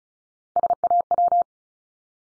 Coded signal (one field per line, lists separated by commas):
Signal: Morse code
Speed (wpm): 36 wpm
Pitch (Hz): 700 Hz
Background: none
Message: SAW